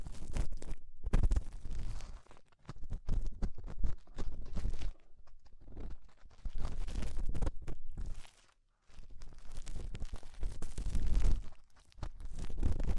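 Rhinestones and clay are being pulled and scraped off during an ear cleaning, heard as dense, irregular crackling and crunching bursts with deep rumbles. The clicks come in rapid clusters, easing briefly around three, five and eight seconds before resuming.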